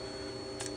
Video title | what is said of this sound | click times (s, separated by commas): Floyds M&P 2.0 compact Magwell install on tighter frames. | you push it in, should be able to click in just like that. | 0.7 s